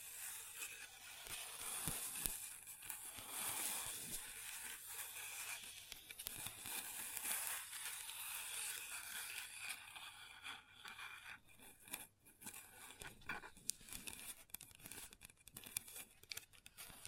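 Long nails scratch and tap on a table, a dense, bright scraping texture that runs through most of the recording. The first ten seconds are steady rubbing; after that it turns sparser and choppier, with sharp clicks and short gaps.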